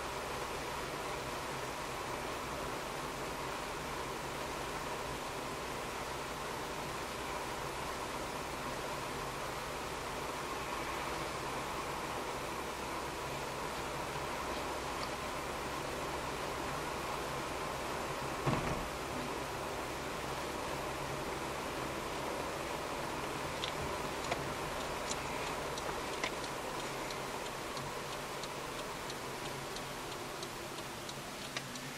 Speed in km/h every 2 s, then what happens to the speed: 50, 49, 48, 49, 49, 50, 50, 51, 51, 51, 53, 53, 52, 48, 43, 28.
0-23 steady at about 50. 23-32 slows to 28.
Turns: none.